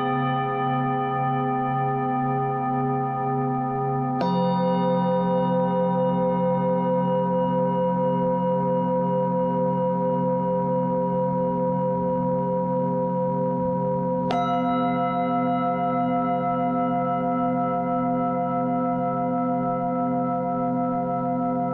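Tibetan singing bowls ring with long, shimmering sustained tones, struck anew at about four seconds and again near fourteen seconds, each strike adding a bright metallic edge that slowly fades. A deep, steady drone holds underneath throughout, even in loudness.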